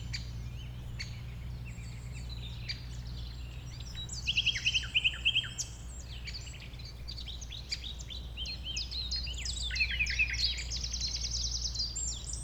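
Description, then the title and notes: Common nightingale song of varied whistled and buzzy phrases, with a rapid run of repeated sharp notes midway, over a steady low rumble. Nightingale that settled with a few others on the banks of a stream forming a pond, 1500 m from the A20 motorway, around 8 am on Sunday 12 April. "Un Rossignol Envers Et Contre Tout. un rossignol venu avec quelques autres s'installer sur les rives d'un ruisseau formant un étang à 1500 mètres de l'A 20. Ces moments ont été enregistrés vers 8h le dimanche 12 avril"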